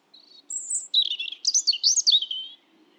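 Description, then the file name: European robin singing one full phrase: a soft high note, a sustained thin whistle, then a rapid, varied cascade of sweet twittering notes. "Erithacus rubecula"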